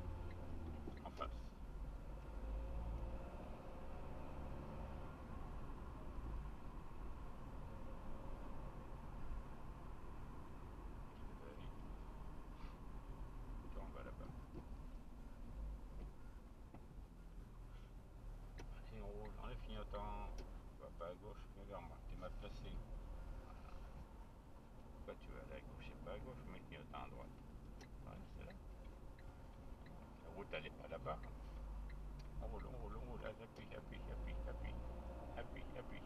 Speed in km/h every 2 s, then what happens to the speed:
25, 31, 37, 37, 37, 34, 29, 23, 19, 21, 20, 23, 25, 22, 24, 25, 27, 34.
0-3 speeds up to 37. 3-8 steady at about 37. 8-16 slows to 19. 16-27 steady at about 21. 27-36 speeds up to 34.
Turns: 22-28.